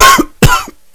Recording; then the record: coughing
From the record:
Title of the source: Coughing 51